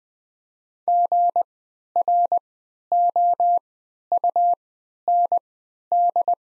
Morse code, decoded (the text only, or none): GROUND